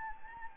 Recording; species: mosquito wingbeat signal from an infrared sensor; Anopheles gambiae